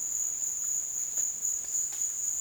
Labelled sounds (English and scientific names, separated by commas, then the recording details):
none
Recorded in dense forest near Puerto Asís, Putumayo, Colombia, on 25 June 2025 at 16:00
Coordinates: 0.484, -76.325
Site H65